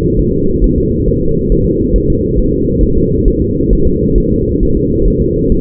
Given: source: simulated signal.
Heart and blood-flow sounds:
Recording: fetal heart sounds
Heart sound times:
0.19 s: S1
0.33 s: S2
0.64 s: S1
0.78 s: S2
1.08 s: S1
1.22 s: S2
1.52 s: S1
1.66 s: S2
1.96 s: S1
2.10 s: S2
2.39 s: S1
2.53 s: S2
2.83 s: S1
2.98 s: S2
3.28 s: S1
3.42 s: S2
3.73 s: S1
3.87 s: S2
4.18 s: S1
4.32 s: S2
4.63 s: S1
4.77 s: S2
5.08 s: S1
5.22 s: S2
5.52 s: S1
From the record:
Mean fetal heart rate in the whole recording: 135 bpm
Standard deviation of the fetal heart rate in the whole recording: 3 bpm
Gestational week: 36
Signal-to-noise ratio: -15.3 dB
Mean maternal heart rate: 72 bpm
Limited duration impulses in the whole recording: present

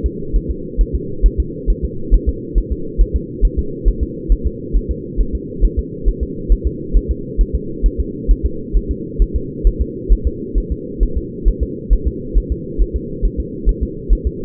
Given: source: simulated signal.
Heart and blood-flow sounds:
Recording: fetal heart sounds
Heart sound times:
0.06 s: S2
0.36 s: S1
0.50 s: S2
0.81 s: S1
0.95 s: S2
1.26 s: S1
1.40 s: S2
1.70 s: S1
1.85 s: S2
2.14 s: S1
2.29 s: S2
2.58 s: S1
2.72 s: S2
3.01 s: S1
3.16 s: S2
3.45 s: S1
3.59 s: S2
3.88 s: S1
4.03 s: S2
4.32 s: S1
4.47 s: S2
4.76 s: S1
4.91 s: S2
5.21 s: S1
5.35 s: S2
5.65 s: S1
5.79 s: S2
6.08 s: S1
6.23 s: S2
6.52 s: S1
6.67 s: S2
6.97 s: S1
7.11 s: S2
7.41 s: S1
7.55 s: S2
7.86 s: S1
8.00 s: S2
8.31 s: S1
8.46 s: S2
8.77 s: S1
8.91 s: S2
9.22 s: S1
9.36 s: S2
9.67 s: S1
9.81 s: S2
10.12 s: S1
10.27 s: S2
10.58 s: S1
10.72 s: S2
11.03 s: S1
11.18 s: S2
11.48 s: S1
11.63 s: S2
11.93 s: S1
12.07 s: S2
12.38 s: S1
12.52 s: S2
12.81 s: S1
12.96 s: S2
13.25 s: S1
13.40 s: S2
13.69 s: S1
13.83 s: S2
14.13 s: S1
14.27 s: S2
From the record:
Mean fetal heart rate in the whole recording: 135 bpm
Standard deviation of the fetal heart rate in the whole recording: 3 bpm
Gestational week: 36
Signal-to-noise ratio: -4.3 dB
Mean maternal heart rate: 72 bpm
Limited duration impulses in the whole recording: absent

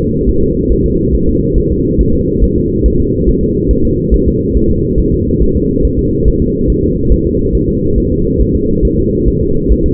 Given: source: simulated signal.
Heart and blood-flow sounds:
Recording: fetal heart sounds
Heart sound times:
0.00 s: S2
0.29 s: S1
0.43 s: S2
0.72 s: S1
0.86 s: S2
1.15 s: S1
1.29 s: S2
1.58 s: S1
1.72 s: S2
2.01 s: S1
2.15 s: S2
2.44 s: S1
2.58 s: S2
2.86 s: S1
3.00 s: S2
3.29 s: S1
3.43 s: S2
3.71 s: S1
3.85 s: S2
4.14 s: S1
4.28 s: S2
4.57 s: S1
4.71 s: S2
5.00 s: S1
5.14 s: S2
5.43 s: S1
5.56 s: S2
5.85 s: S1
5.99 s: S2
6.28 s: S1
6.42 s: S2
6.70 s: S1
6.84 s: S2
7.12 s: S1
7.27 s: S2
7.55 s: S1
7.69 s: S2
7.98 s: S1
8.12 s: S2
8.41 s: S1
8.56 s: S2
8.85 s: S1
8.99 s: S2
9.28 s: S1
9.42 s: S2
9.72 s: S1
9.86 s: S2
From the record:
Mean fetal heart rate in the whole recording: 140 bpm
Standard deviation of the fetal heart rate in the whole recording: 2 bpm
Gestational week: 34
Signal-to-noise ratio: -15.3 dB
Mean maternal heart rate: 72 bpm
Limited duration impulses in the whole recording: present

